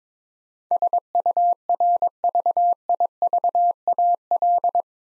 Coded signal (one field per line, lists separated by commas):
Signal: Morse code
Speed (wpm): 22 wpm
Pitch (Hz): 700 Hz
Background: none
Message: SURVIVAL